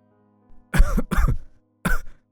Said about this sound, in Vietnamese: ho một tràng liên tục.